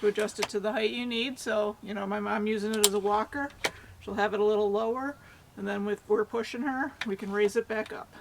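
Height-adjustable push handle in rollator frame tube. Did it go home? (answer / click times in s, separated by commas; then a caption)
no / none. Someone talks while handling the height-adjustable push handle in the frame tube of a Drive Medical Nitro rollator and transport chair, setting it lower for walker use or raising it for pushing. Only the voice is heard, with no sharp knocks, and the handle's adjuster has not clicked or seated yet.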